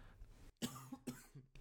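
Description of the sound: Two short, abrupt coughs about half a second apart, with a faint voiced edge, from an adult woman who is sick, has taken a lot of medication, and had almost lost her voice earlier.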